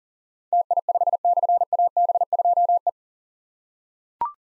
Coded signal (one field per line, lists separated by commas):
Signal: Morse code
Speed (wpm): 42 wpm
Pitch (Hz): 700 Hz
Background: none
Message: TI5/AB2E